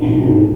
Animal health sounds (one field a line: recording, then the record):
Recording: squeal of a Yucatan mini pig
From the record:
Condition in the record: before surgery on the right vocal fold (resection and tissue-engineered implant)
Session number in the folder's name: 1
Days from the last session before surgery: -3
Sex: male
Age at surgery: 12 weeks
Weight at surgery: 13 kg